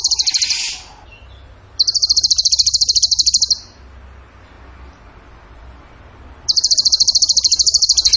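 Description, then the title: Bird singing high, fast trills in three bursts, the middle one about two seconds long, with a quiet pause before the last. Training song (masteran) in the tembakan gacor style. "Masteran Burung Tembakan Gacor"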